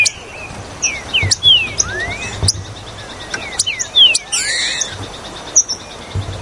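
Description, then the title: Green-winged saltator giving spaced whistled slurs, some rising and some falling, with clicking sounds. "Trinca Ferro Ao Maximo Trinca Ferro"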